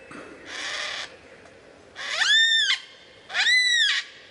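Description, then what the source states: Lyrebird song: a harsh buzzy burst, then two loud arched ringing notes rich in overtones, each about three-quarters of a second long, separated by short pauses. Song variations.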